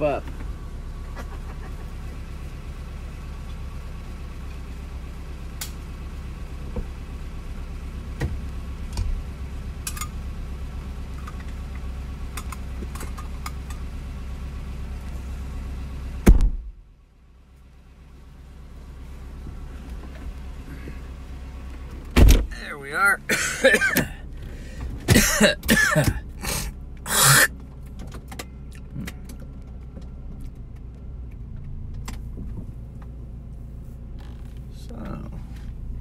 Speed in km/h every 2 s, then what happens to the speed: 8, 2, 1, 1, 1, 1, 1, 1, 1, 1, 1, 1, 1, 1, 1, 1, 1, 0.
1-36 standing.